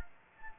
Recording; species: mosquito wingbeat signal from an infrared sensor; Anopheles gambiae